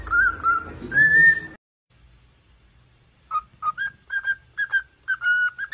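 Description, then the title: Cockatiel whistling rising and falling notes, then a brief silence, followed by a quick series of short clipped whistles. More than one cockatiel, whistling song. "Calopsitas Cantando Assobio"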